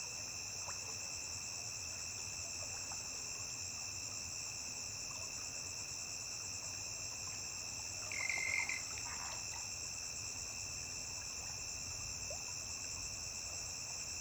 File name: Grilo agudo isola cantando beira de rio